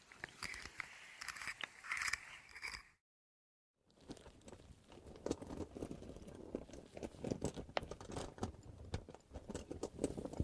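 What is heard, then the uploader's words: Crinkly, scratchy ear massage sounds with dense clicks and crackles. For the first three seconds the scratching is brighter and busier, then silence for about a second before deeper, rubbing crinkles resume with frequent sharp clicks to the end. ASMR 9 New Tingle Triggers + Mic Test Deep Ear Crinkles, Clicky, Scratchy, Massage （No Talking）.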